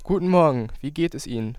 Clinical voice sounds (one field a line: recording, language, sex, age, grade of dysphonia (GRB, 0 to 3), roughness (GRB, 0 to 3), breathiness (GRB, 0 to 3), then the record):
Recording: spoken sentence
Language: German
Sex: male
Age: 18 to 19 years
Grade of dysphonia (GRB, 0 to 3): 0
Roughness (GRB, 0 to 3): 0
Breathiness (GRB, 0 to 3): 0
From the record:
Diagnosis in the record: healthy voice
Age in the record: 19 years